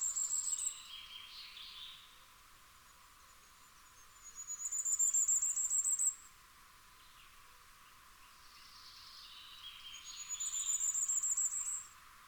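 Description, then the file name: Common firecrest repeating its very high, rapid song phrase about every five to six seconds, three phrases in all, with quiet gaps between. "Fiorrancino"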